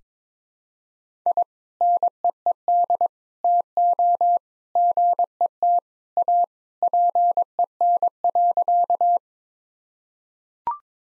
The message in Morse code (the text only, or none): I NEED TO GET A PEN.